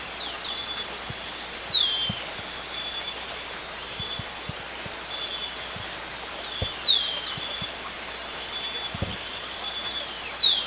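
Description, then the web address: Golden-faced tyrannulet calls: three thin, high, falling whistled notes several seconds apart over a steady high hum and soft background hiss. Ecuador. "Birds of Ecuador 3-05 Golden-Faced Tyrannulet"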